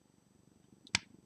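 A plastic LEGO element is slid into place and pressed into an interconnection piece. After a faint tick just before, a single sharp snap sounds at 1.0 s as the element seats into the connector.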